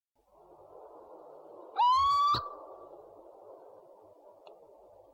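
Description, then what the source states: Owl call: a single loud, rising whistled note sliding upward and held briefly, with rich harmonics, over steady background noise. Part of a compilation of 69 call variants from 11 owl species.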